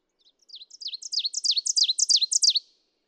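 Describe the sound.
Ovenbird delivering its song: high, emphatic two-note phrases repeated rapidly, growing louder toward a sharp finish.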